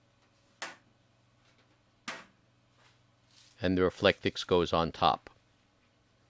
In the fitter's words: The cover snaps back into place.